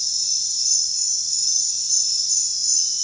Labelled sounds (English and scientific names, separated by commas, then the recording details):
none
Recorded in secondary vegetation near Puerto Asís, Putumayo, Colombia, on 24 June 2025 at 00:30
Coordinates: 0.498, -76.327
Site GP09